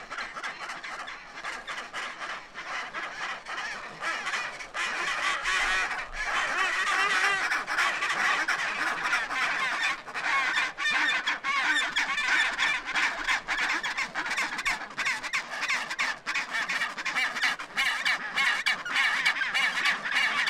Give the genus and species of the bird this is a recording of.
Pygoscelis antarcticus